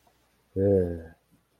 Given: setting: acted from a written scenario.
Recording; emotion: vocal sound without words; contempt